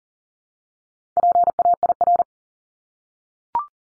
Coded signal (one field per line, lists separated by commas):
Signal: Morse code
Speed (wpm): 40 wpm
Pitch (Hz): 700 Hz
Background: none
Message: PAIR